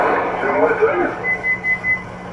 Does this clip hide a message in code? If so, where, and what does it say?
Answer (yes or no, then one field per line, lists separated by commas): no